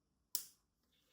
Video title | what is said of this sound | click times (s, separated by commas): WIGSHE Do It Again - Tailor-Made Cap, Freshly Mixed Colour! Whaaat?! | clicked into place. | 0.3 s